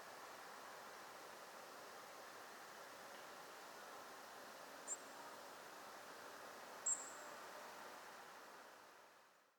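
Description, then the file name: European robin giving two brief, thin, very high call notes a couple of seconds apart over a steady, loud background hiss. "Erithacus rubecula"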